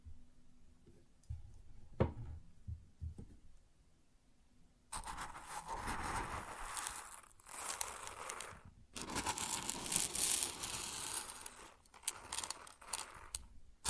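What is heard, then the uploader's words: Grain sounds: the first five seconds are quiet, with a few soft low thumps and a sharp tick near two seconds. Then a dense, bright rushing hiss of pouring grain starts abruptly and runs to the end, briefly breaking near seven, nine and twelve seconds. ASMR Grain Sounds (No Talking).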